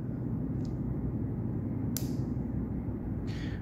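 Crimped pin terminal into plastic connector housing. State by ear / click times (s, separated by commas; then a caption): seated / 2.0 s. A second crimped pin terminal is pushed into a plastic connector housing. It gives a short, sharp click at 1.9 s over a steady low hum, and the terminal seats in place.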